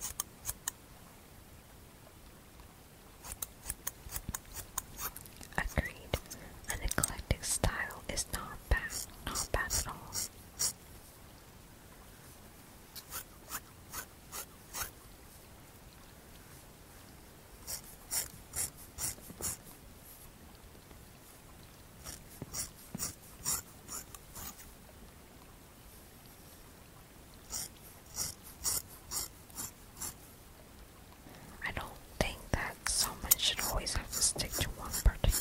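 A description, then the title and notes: Crisp scissor snips and brushing strokes come in clustered bursts of quick, bright clicks and rasps, separated by short near-silent pauses. The busiest stretches fall around the early seconds and again near the end, over a faint steady hiss. Brushing, Trimming, Scissor Sounds.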